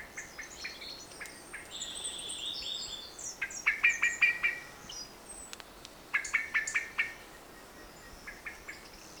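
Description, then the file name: Common blackbird sounding repeated runs of hard, clicking chinks in short bursts, with high whistled notes between. "Turdus merula"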